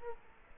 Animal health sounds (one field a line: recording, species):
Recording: mosquito wingbeat signal from an infrared sensor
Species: Culex quinquefasciatus